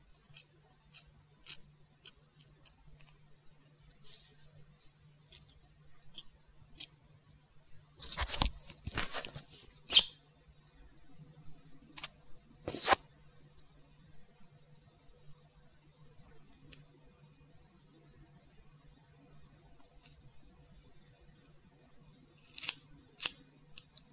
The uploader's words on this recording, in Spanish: Corte de cabello. Muchos sonido de tijeras.